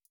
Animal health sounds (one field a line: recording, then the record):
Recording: hydrophone in a shrimp aquaculture tank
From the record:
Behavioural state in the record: feeding